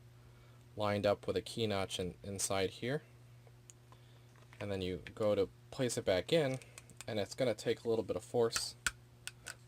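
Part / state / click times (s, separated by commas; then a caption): keyed internal part going into an aquarium powerhead pump housing / partly seated / 9.3 s, 9.5 s. Someone talks while lining up the key notch on a plastic internal part and pressing it back into the housing of a Jebao CP-40 aquarium powerhead pump with some force. Two sharp ticks are heard at 9.3 s and 9.5 s. The part is pressed in but not fully seated, since the tip of the notch still sticks out.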